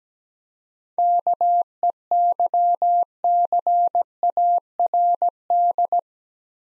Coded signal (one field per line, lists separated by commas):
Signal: Morse code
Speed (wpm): 17 wpm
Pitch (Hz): 700 Hz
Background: none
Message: KEYCARD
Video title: Easy Words with Hints - 17wpm